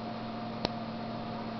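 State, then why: Seated. A router bit's steel shank is forced into a tight ER16 collet, stopping partway before it passes a ridge. A single short click at 0.6 s stands out sharply above a steady background hum. The shank seats in the collet.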